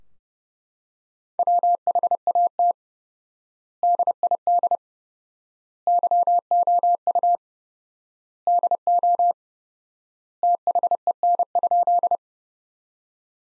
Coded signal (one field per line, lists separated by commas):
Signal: Morse code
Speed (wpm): 30 wpm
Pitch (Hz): 700 Hz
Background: none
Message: WHAT DID YOU DO THEN?